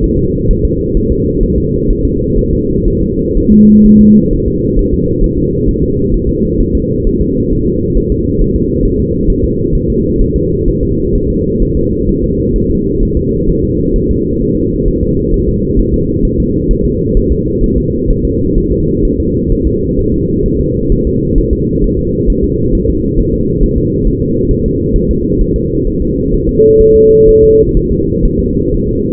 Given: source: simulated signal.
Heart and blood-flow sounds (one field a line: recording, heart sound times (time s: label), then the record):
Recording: fetal heart sounds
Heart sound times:
0.04 s: S1
0.19 s: S2
0.51 s: S1
0.65 s: S2
0.97 s: S1
1.12 s: S2
1.44 s: S1
1.58 s: S2
1.90 s: S1
2.05 s: S2
2.38 s: S1
2.53 s: S2
2.88 s: S1
3.02 s: S2
3.37 s: S1
3.52 s: S2
3.86 s: S1
4.01 s: S2
4.33 s: S1
4.48 s: S2
4.79 s: S1
4.94 s: S2
5.24 s: S1
5.38 s: S2
5.69 s: S1
5.83 s: S2
6.14 s: S1
6.29 s: S2
6.60 s: S1
6.75 s: S2
7.07 s: S1
7.21 s: S2
7.53 s: S1
7.67 s: S2
7.97 s: S1
8.12 s: S2
8.41 s: S1
8.56 s: S2
8.85 s: S1
9.00 s: S2
9.30 s: S1
9.45 s: S2
9.75 s: S1
9.90 s: S2
10.21 s: S1
10.36 s: S2
10.68 s: S1
10.83 s: S2
11.16 s: S1
11.30 s: S2
11.62 s: S1
11.77 s: S2
12.09 s: S1
12.24 s: S2
12.56 s: S1
12.71 s: S2
13.03 s: S1
13.17 s: S2
13.49 s: S1
13.64 s: S2
13.96 s: S1
14.11 s: S2
14.42 s: S1
14.57 s: S2
14.88 s: S1
15.03 s: S2
15.34 s: S1
15.49 s: S2
15.79 s: S1
15.94 s: S2
16.25 s: S1
16.40 s: S2
16.71 s: S1
16.86 s: S2
17.17 s: S1
17.32 s: S2
17.64 s: S1
17.78 s: S2
18.10 s: S1
18.25 s: S2
18.58 s: S1
18.72 s: S2
19.05 s: S1
19.20 s: S2
19.52 s: S1
19.67 s: S2
19.99 s: S1
20.14 s: S2
20.46 s: S1
20.60 s: S2
20.92 s: S1
21.07 s: S2
21.38 s: S1
21.53 s: S2
21.84 s: S1
21.99 s: S2
22.30 s: S1
22.45 s: S2
22.75 s: S1
22.90 s: S2
23.20 s: S1
23.34 s: S2
23.63 s: S1
23.78 s: S2
24.07 s: S1
24.22 s: S2
24.51 s: S1
24.66 s: S2
24.96 s: S1
25.11 s: S2
25.41 s: S1
25.56 s: S2
25.87 s: S1
26.02 s: S2
26.34 s: S1
26.49 s: S2
26.81 s: S1
26.96 s: S2
27.29 s: S1
27.44 s: S2
27.77 s: S1
27.92 s: S2
28.26 s: S1
28.40 s: S2
28.74 s: S1
28.89 s: S2
From the record:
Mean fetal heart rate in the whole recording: 130 bpm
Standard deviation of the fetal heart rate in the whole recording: 4 bpm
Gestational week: 38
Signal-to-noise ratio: -14.7 dB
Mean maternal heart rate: 72 bpm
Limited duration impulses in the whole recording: present